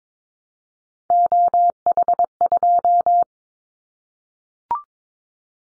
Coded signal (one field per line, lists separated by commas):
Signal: Morse code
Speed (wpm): 22 wpm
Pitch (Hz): 700 Hz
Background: none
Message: OH2